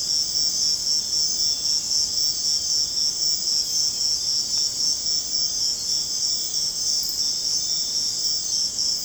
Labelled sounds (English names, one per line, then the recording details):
none
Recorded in secondary vegetation near Puerto Asís, Putumayo, Colombia, on 21 March 2025 at 04:00
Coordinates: 0.485, -76.322
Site G040